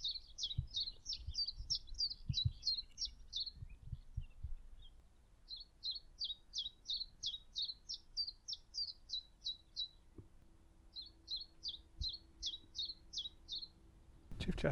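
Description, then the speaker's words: Common chiffchaff song: sharp notes alternating in pitch, repeated in three bursts at a steady rhythm of about three a second, with low rumbling background and a loud noise at the end. Singing loudly, drowning out other birds; nature park in Essex, May 2023, path beside a railway and a road. "That chiff-chaff seems to be drowning out everything else."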